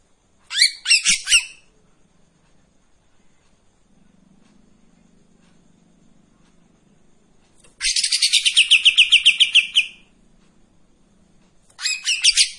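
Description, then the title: Streak-eared bulbul song: three bursts of rapid, sharp repeated notes, the middle one a fast chattering run of about twelve notes, separated by quiet pauses. Long song phrases of the styles called tembakan and besetan panjang, from a bird in full song (gacor); recording meant as tutor audio for training white-rumped shama. "KAPAS TEMBAK GACOR TEMBAKAN DAN BESETAN PANJANG MASTERAN MURAI BATU PASTOL"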